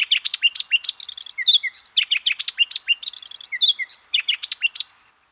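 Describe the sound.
Redthroat song, a continuous rapid stream of sharp high notes, short whistles and trills, fading out near the end.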